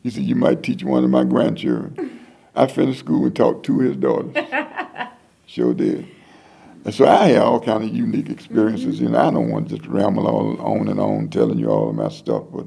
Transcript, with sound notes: You might teach one of my grandchildren!” I finished school and taught two of his daughters! (laughter) Sure did! And so I have all kind of unique experiences, and I don’t want to just ramble on and on, telling you all of my stuff.